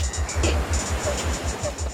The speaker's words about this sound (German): Das Meer.